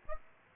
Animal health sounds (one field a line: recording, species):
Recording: mosquito wingbeat signal from an infrared sensor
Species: Aedes aegypti